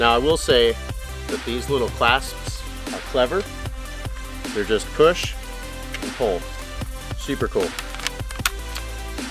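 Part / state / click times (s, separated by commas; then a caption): plastic frame clasp on a folding camp recliner chair / seated / 8.1 s, 8.5 s. A push-and-pull plastic clasp on the frame of a Nemo Stargaze Luxury Recliner folding camp chair is worked while someone talks over background music. Two sharp clicks are heard at 8.1 s and 8.5 s as the clasp snaps locked into place.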